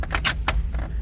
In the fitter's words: and you hear that click.